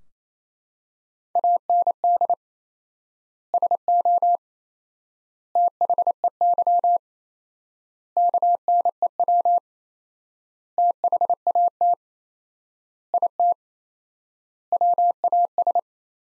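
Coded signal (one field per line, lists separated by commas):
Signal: Morse code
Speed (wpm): 28 wpm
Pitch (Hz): 700 Hz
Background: none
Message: AND SO THEY KNEW THAT IT WAS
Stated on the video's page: Morse practice sentences built from the top 400 words, sent at 28 wpm with 4x standard word spacing, similar to Farnsworth but for words.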